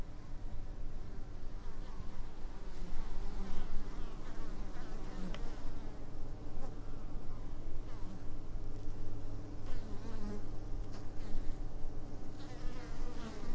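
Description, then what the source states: Honey bees buzzing steadily, an unbroken low drone with layered overtones. Bees in a meadow close to a hive.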